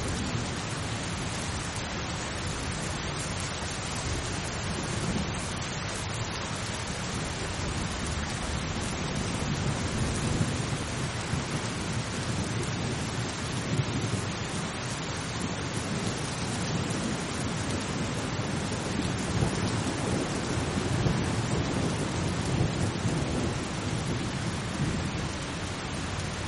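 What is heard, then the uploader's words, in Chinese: Steady rain falls in an even, dense hiss for the whole stretch, with a soft low rumble underneath that swells slightly around the middle and again near the end. No sharp thunder cracks stand out; the level stays nearly constant throughout. 助眠雷雨声：平静的雨。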